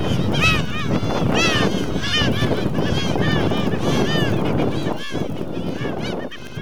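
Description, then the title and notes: Olrog's gulls calling in a dense chorus, many overlapping harsh, arched cries layered continuously over loud low rumbling background noise. Breeding colony; Isla de la Cangrejera provincial reserve, Isla del Puerto, Bahía Blanca estuary, Argentina; September 2014, 17:44. "Colonia reproductiva de gaviotas cangrejeras (Larus atlanticus). Reserva Provincial Isla de la Cangrejera. Isla del Puerto. Estuario de Bahía Blanca. /9/2014-17:44hs"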